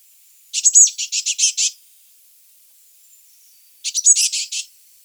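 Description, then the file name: Eurasian blue tit call: a rattling run of several harsh high notes, a pause of about two seconds, then a shorter similar burst. "Cyanistes caeruleus"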